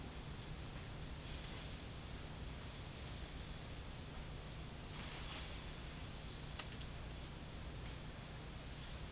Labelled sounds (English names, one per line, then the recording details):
none
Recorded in pastures near Puerto Asís, Putumayo, Colombia, on 21 March 2025 at 10:30
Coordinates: 0.502, -76.324
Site GP07